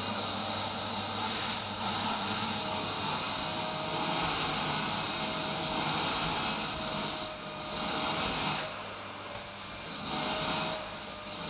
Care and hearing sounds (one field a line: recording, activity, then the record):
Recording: daily activity, microphone in the room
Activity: vacuum cleaning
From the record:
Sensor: 2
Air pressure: 990.9 hPa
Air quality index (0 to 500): 135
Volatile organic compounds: 177 ppm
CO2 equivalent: 4132 ppm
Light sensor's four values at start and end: 21/49/20/20 and 21/50/20/20